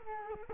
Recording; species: mosquito wingbeat signal from an infrared sensor; Culex quinquefasciatus